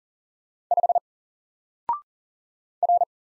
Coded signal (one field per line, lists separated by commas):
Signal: Morse code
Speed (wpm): 40 wpm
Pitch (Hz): 700 Hz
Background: none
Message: 5 R